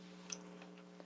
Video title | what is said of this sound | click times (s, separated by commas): Product Training: DCC Cylinder | is install the cylinder the canopy cover clicks right into place | 0.3 s